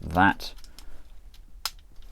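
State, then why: Seated. Someone talks briefly as the plastic wheel joint on a FansToys FT-22 KOOT Transformers Masterpiece Kup transforming robot figure is slid all the way up into the body. A sharp click at 1.7 s marks the joint seating into position, with faint handling taps before and after.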